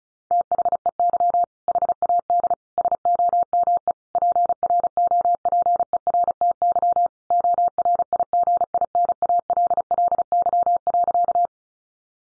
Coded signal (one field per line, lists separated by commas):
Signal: Morse code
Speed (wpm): 34 wpm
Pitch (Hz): 700 Hz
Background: none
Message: THEY HAD SOME PROPERTY ORIGINALLY.